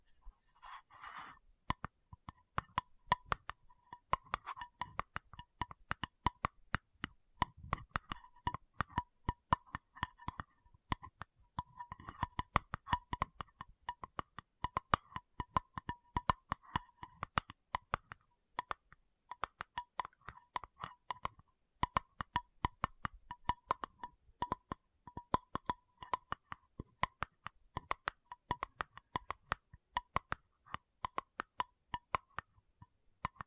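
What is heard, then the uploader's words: Rapid, irregular tapping runs throughout, sharp clicks in dense clusters with brief gaps, over a faint steady mid-pitched tone. Tapping Session (No Talking).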